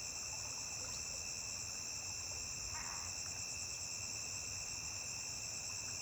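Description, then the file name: Cricket trilling constantly at a high pitch, with one short noise partway through. A single high-pitched cricket singing beside a river. "Grilo agudo isola cantando beira de rio"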